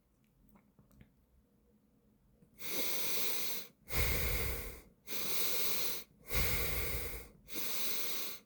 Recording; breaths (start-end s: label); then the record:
nose breathing near a microphone
2.30-3.60 s: inhalation
3.60-4.75 s: exhalation
4.75-6.00 s: inhalation
6.00-7.25 s: exhalation
7.25-8.40 s: inhalation
From the record:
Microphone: phone